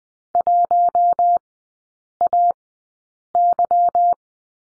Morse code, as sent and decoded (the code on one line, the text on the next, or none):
.---- .- -.--
1AY